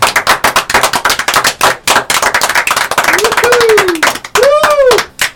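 An audience applauds with a dense, steady patter of many hands clapping, and a couple of loud whistles, sliding up and then back down, cut through toward the end.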